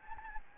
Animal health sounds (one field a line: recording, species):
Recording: mosquito wingbeat signal from an infrared sensor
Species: Anopheles gambiae